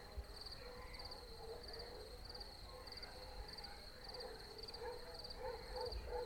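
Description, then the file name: Crickets chirping in high, pulsed bursts repeated steadily throughout, over a low rumble with faint lower sounds underneath. Country night. "Silencyo COUNTRY NIGHT Crickets"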